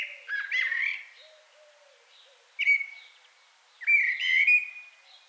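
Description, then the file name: Common blackbird singing three fluted phrases with squeaky high flourishes, separated by short gaps, with faint low notes in between. "Turdus merula"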